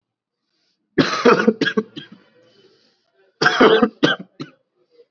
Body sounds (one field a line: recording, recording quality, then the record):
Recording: heavy voluntary cough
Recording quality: excellent, no background noise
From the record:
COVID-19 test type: RT-PCR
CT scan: not taken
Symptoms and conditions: cough, sore throat, fever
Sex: male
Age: 20 years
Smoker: no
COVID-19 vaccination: both doses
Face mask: worn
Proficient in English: yes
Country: India